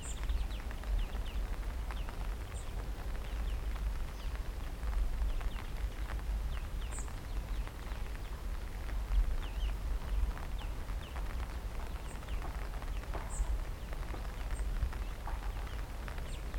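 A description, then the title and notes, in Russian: Birds after rain: many small, bright chirps and short calls scatter densely through the whole stretch, with a few high, thin peeps recurring every couple of seconds. A steady low rumble and a soft wet patter sit underneath, keeping the level fairly even throughout. Птицы после дождя.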